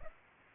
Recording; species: mosquito wingbeat signal from an infrared sensor; Aedes aegypti